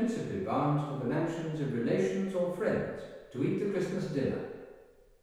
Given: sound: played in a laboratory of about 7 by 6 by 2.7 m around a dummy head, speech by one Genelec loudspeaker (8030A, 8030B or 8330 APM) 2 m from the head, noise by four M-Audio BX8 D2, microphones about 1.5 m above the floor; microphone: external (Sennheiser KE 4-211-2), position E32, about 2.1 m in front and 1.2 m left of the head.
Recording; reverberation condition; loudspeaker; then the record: male speech in English; high; 120 degrees to the left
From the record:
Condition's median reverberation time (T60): about 1300 ms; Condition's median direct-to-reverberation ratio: about -4.0 dB